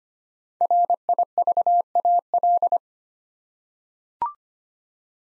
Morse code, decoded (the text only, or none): RIVAL